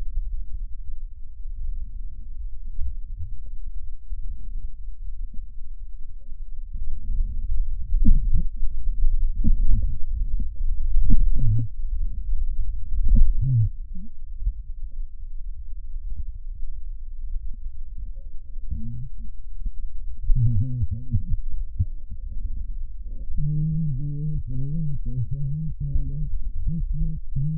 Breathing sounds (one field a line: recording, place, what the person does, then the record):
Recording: lung sounds by stethoscope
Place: left posterior basal chest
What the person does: quiet breathing, then cough and speech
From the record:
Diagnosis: COPD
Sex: female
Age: 80 years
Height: 160 cm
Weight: 62 kg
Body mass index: 24.2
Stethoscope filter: bell mode